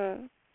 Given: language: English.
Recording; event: throat vibration sensor signal played as sound; speech